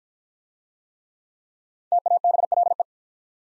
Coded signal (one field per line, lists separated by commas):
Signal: Morse code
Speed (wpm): 50 wpm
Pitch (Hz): 700 Hz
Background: none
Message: TABLE